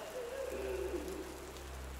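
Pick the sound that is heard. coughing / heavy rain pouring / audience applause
heavy rain pouring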